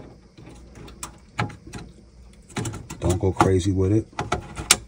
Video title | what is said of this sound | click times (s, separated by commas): Upgrading A HP ProDesk 600 G1 SFF Desktop PC (RAM.SSD.CPU.GPU) | there you go you hear that snap is in there and all you have to do put this flat back | 4.3 s, 4.7 s